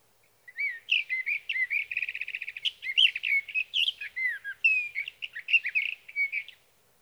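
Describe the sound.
Sage thrasher song: a long, continuous run of warbled, whistled phrases with a fast buzzy trill in the middle, lasting about six seconds, with no other sounds.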